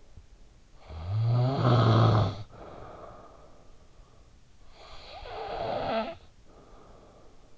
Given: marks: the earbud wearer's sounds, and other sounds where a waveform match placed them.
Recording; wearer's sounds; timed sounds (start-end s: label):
sounds in sleep by an in-ear microphone; snoring breath
0.58-3.98 s: snoring breath
4.47-7.58 s: snoring breath